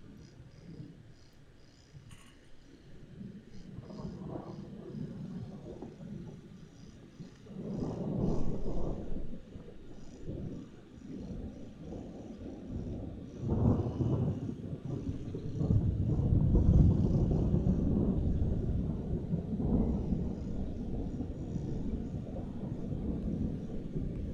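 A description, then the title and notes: Thunder rolls through a storm in deep, low rumbles that swell and fade, with heavier surges around 8, 14 and 17 seconds. Wind buffets the microphone throughout, and a brief sharp click sounds near the two-second mark. He took a few minutes to record a thunderstorm that was causing some havoc at the station. Recorded using linear pulse-code modulation at a sample rate of 96 kHz and resolution of 24 bits per sample with a Marantz PMD 661 recorder specially fitted with low-noise preamplifiers by Oade Brothers and an Audio-Technica BP4025 x/y stereo field recording microphone.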